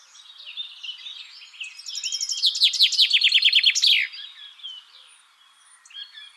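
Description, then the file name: Common chaffinch song: one accelerating series of bright, falling notes ending in a flourish, with soft chirps and twitters from other birds before and after. "Fringilla coelebs"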